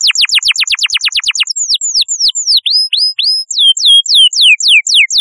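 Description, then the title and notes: Canary song: a fast run of about a dozen steeply falling high notes, then slower swooping whistled notes that dip and rise, repeated several times each second. "Kicau Burung Kenari"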